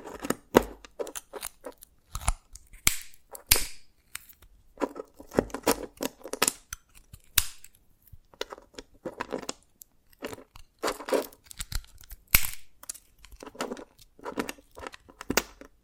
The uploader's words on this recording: ASMR SQUID GAME Dalgona Candy Challenge Tapping, Cracking Triggers for Sleep(No Talking).